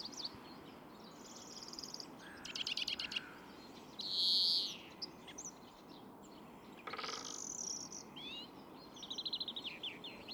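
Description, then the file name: European greenfinch calls: quick twittering chirps and short trills mixed with a drawn-out nasal buzz around four seconds and a sweeping note near seven seconds, over steady background hiss. "Chloris chloris"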